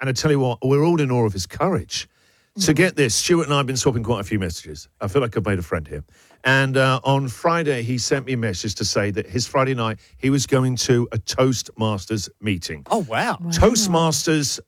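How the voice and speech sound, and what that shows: A man speaks fluently in a warm, conversational radio style at an easy pace, with short natural pauses between phrases. His voice is clear and steady at a mid-low pitch, with no blocks, repetitions or strain. Ordinary fluent adult speech.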